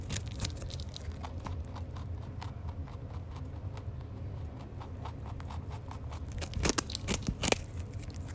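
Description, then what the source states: Rabbit chewing: steady crunchy munching with sharp crackling bites and louder snaps near the end. Rabbit crunching a carrot.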